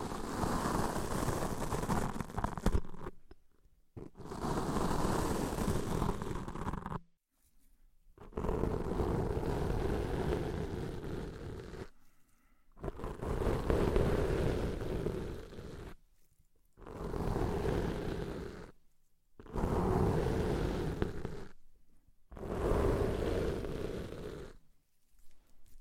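Deep ear cleaning: deep, muffled rumbling and scratchy rubbing come in bursts of two to four seconds, separated by short silences. Seven or so bursts follow one another at a fairly regular pace, each thick and heavy in the lows with a thin crackle above.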